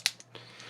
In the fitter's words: it will collapse down further than you think it's going to like it kinda it clicks listen when